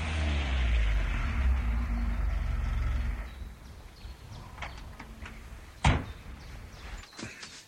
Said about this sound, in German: Die beiden Männer unterhielten sich noch ein bisschen, und während sie noch da standen, kam wieder ein Motorgeräusch näher. Es war der zweite Mann mit einem Abschlepper.